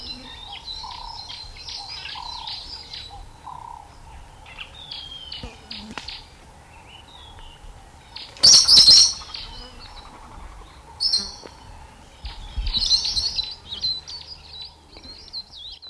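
Meyer's parrot giving a loud, harsh screech and several shorter shrill squawks among many thin, high chirping notes.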